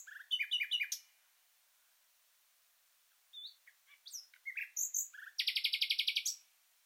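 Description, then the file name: Common nightingale song: a burst of rapid repeated notes, two seconds of quiet, then varied chirps building into a fast buzzy rattle. "Luscinia megarhynchos"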